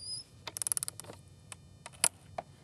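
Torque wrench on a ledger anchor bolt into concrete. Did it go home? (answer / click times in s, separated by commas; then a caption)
yes / 2.0 s. A torque wrench set to 65 ft-lb snugs a concrete anchor bolt holding a wooden deck ledger, with a rapid run of light ratcheting clicks from about 0.5 to 1.2 s and a few softer ticks after. A single louder, sharp click at 2.0 s marks the wrench breaking over at its setting, meaning the bolt is tight enough.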